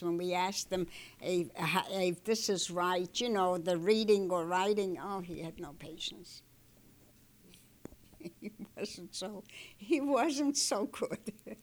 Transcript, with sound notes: When we asked him if this is right, you know, the reading or writing, oh, he had no patience. ( she laughs ) He wasn't so, he wasn't so good.